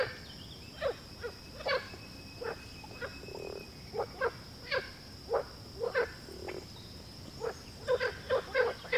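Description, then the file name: Frogs producing short abrupt croaks in loose irregular series, some doubled or tripled, with a steady high tone in the background. "grenouille"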